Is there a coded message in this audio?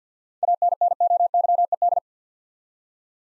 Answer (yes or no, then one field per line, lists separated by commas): yes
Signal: Morse code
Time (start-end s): 0.4-2.0 s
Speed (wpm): 52 wpm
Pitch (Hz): 700 Hz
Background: none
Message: ANNOYED